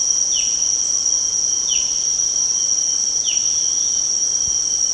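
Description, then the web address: Black-headed bulbul calling: three brief downslurred notes spaced about one and a half seconds apart against a steady, piercing insect whine. "PJGNGLUMUT. black-headed bulbul"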